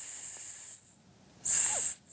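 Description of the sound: Simulated tinnitus: a high, steady hissing ear noise, like hissing very carefully between the teeth, heard in two bursts. It is the ear noise of an adult woman who has had it for years; it began suddenly after a shock 10 years ago and eases somewhat while she is walking.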